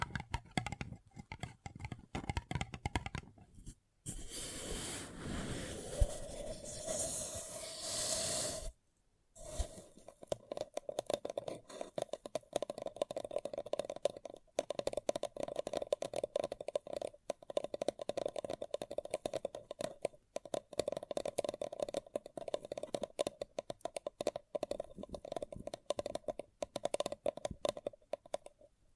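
Crinkly tapping and scratching on a paper cup, with dense, quick clicks and light rattles running through most of the clip. From about 4 to 9 seconds a louder, brighter rustling scrape takes over, then brief silences break the steady tapping that follows.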